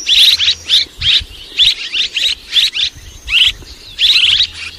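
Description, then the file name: Swallow calls: short, harsh chirps and buzzy downslurred notes in quick bursts. "Tieng en nguc ran en vang"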